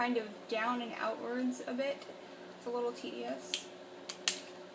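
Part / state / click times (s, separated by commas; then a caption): laptop RAM module in its SO-DIMM slot / released / 4.1 s, 4.3 s. A laptop RAM module sits in its SO-DIMM slot in an Acer Aspire One 722 while someone talks. The side retaining clips are pushed down and outward. Sharp clicks at 4.1 and 4.3 seconds come as the memory module springs up on its own and is released.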